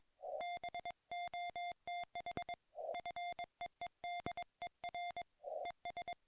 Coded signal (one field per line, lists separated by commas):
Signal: Morse code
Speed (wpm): 22 wpm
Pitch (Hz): 2100 Hz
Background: music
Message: BOTH FEEDER ES